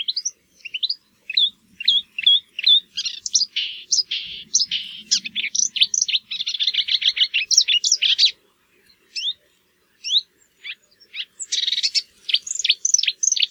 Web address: geluiden bosrietzanger